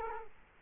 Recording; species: mosquito wingbeat signal from an infrared sensor; Culex quinquefasciatus